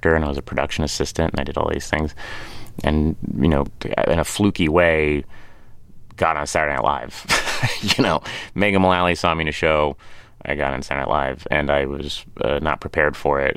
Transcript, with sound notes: And I was a production assistant, and I did all these things and, you know, in a fluky way, got on "Saturday Night Live." (Laughter) You know, Megan Mullally saw me in a show, I got on "Saturday Night Live," and I was not prepared for it.